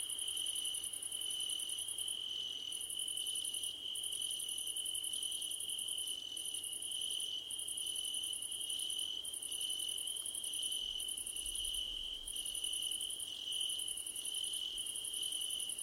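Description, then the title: Cricket chorus of steady high trilling, overlaid by a shrill pulsed trill repeating in bursts about a second long, with a faint low rumble late on. Crickets calling at night under a starlit sky. "Nighttime Ambience with Crickets 🌃"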